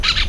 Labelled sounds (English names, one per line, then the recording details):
Brown-throated Parakeet contact call
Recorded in Venezuela
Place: Cerro Saroche, Hato Dalmatela, Edo. Lara
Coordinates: 10.149, -69.534